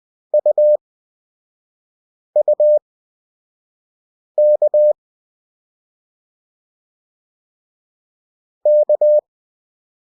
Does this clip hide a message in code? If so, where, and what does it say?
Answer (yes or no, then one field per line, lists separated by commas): yes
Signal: Morse code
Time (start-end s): 0.3-9.2 s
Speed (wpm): 20 wpm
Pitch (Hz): 600 Hz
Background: none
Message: UUK K